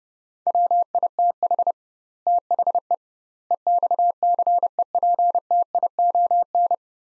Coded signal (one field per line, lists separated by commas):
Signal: Morse code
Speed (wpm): 30 wpm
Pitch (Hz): 700 Hz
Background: none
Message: WITH THE EXCEPTION